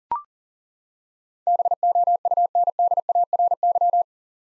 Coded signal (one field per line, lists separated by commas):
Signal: Morse code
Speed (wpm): 38 wpm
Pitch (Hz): 700 Hz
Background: none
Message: BOUNDARY